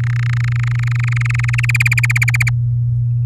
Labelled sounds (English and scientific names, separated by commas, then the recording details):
Domestic Canary (Serinus canaria) song
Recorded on 8 May 2018 at 15:31
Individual llb16